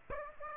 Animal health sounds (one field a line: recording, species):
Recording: mosquito wingbeat signal from an infrared sensor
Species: Aedes aegypti